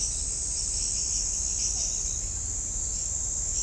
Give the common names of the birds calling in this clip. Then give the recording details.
none. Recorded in shrubland near Pivijay, Magdalena, Colombia, on 5 June 2023 at 03:00. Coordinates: 10.453, -74.365. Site P5-G022